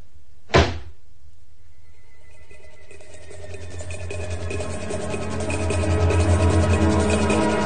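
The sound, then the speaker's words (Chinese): A single heavy wooden thud as a wooden coffin lid drops shut, followed by a steady low rumbling hum that slowly builds louder, with no one speaking. “冚埋个棺材盖先。”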